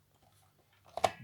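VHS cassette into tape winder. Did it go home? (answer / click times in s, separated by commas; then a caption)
yes / 1.0 s. A VHS cassette is pushed down into a tape winder/rewinder until it locks in place. After a quiet stretch with a faint low hum and a soft scraping slide from about 0.9 s, two sharp clicks sound close together at about 1.0 s and 1.0 s, the second one louder. The cassette is seated and locked in the winder.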